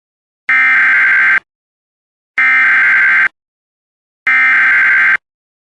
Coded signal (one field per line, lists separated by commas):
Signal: Emergency Alert System (SAME) tones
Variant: header bursts